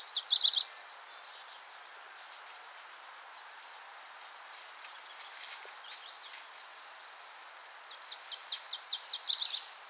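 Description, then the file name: Yellow-rumped Warbler (Myrtle) singing short high trills, one at the opening and another near the end, separated by quiet seconds of soft hiss and faint ticks. Myrtle form. "Setophaga coronata - Myrtle Warbler"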